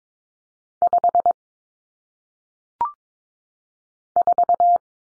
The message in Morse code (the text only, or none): 5 4